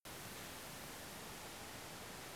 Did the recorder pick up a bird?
no